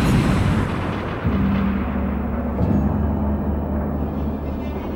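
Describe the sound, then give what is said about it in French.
A loud car bomb explosion, a journalist's car blowing up in Malta on 16 October 2017, rumbles on for several seconds as a deep, continuous roar with low droning tones underneath, steady and unbroken, with no voices. “Dix jours après cet entretien, le 16 octobre 2017, la journaliste la plus célèbre de Malte est brûlée vive dans l'explosion de sa voiture.”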